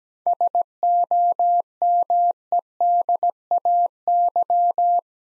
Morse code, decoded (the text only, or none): SOMEDAY